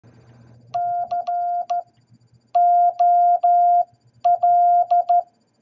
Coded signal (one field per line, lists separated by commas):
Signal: Morse code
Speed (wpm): 13 wpm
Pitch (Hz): 700 Hz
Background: none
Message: COL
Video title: What Is Columbus Day In Morse Code?